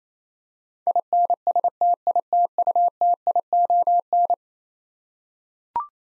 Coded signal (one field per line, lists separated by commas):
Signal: Morse code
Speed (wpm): 28 wpm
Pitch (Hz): 700 Hz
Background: none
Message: INSTITUTION